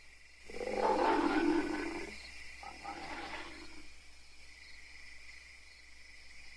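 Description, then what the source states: Ape gives one loud, rough growl lasting over a second, then a fainter growling rasp that trails off into quiet background hiss. Angry apes, long bouts of screaming and growling.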